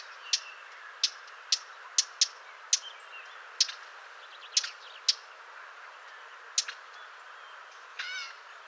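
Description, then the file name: Eurasian blackcap repeating sharp tacking clicks, some in quick pairs, spaced about half a second to a second and a half apart; a brief harmonic call near the end. "Sylvia atricapilla"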